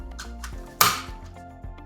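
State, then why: Seated. A vertical sheer shade headrail is tilted and pushed up into its wall mounting brackets. A few light clinks are followed by one loud, sharp snap at 0.8 s, and a faint knock comes near the end. The headrail snaps into the brackets and is seated.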